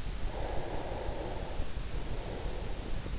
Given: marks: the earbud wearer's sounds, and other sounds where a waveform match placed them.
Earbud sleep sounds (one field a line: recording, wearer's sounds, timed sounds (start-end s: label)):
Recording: sounds in sleep by an in-ear microphone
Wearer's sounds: breath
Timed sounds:
0.66-3.01 s: breath